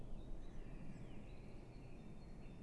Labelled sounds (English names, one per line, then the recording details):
Great Tit
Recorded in Germany
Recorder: ecoPi